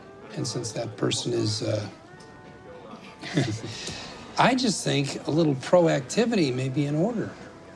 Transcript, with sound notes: And since that person is (laughter) - I just think a little proactivity may be in order.